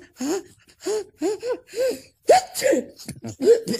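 A drawn-out sneeze caused by dust in the nose: four short, rising voiced 'ah' intakes build up, then a loud, forceful burst followed by a couple of sputtering, breathy exhalations.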